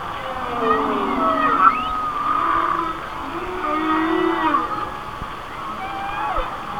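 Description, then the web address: Whale song of gliding whistles and sweeping upward squeals, many tones overlapping above a constant hiss. "Natures Songs Whale Songs Whale Songs"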